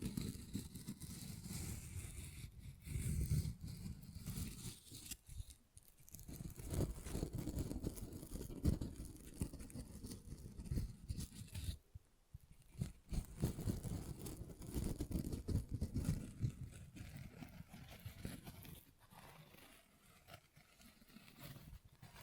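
Tapping and scratching on textured surfaces, a dense run of quick, irregular scrapes and taps weighted toward a low, rough rumble. The sound pauses briefly around six and twelve seconds, then resumes with the same busy, uneven scratching to the end.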